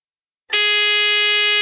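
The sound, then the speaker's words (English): A loud, steady electronic buzz kicks in abruptly after a short silence and holds at one flat, harmonically rich tone: a quiz buzzer being pressed during a quiz game. “Fingers on buzzers.”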